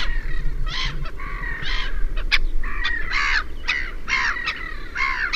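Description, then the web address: Black-headed gull harsh, grating calls in short bursts over a steady low rumble. "chant xeno-canto mouette rieuse"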